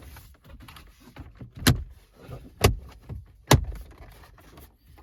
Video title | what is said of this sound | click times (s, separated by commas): IS THIS THE BEST CARPLAY RADIO EVER FOR TACOMA? STINGER HEIGH10 UNBOXING AND COMPLETE INSTALLATION!! | some satisfying snaps there okay | 1.7 s, 2.6 s, 3.5 s